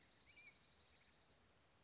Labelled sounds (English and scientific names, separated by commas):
Western Flycatcher (Empidonax difficilis)